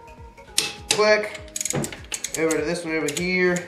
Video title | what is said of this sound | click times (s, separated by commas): Adding "64" Horsepower to a C4 L98 Corvette. Cold Air Rammer, Chip and Foil | over here. Click. | 0.6 s